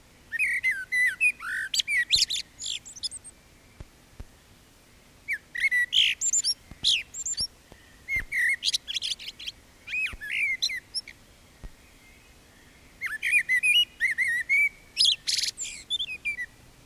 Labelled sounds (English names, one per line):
Common Blackbird song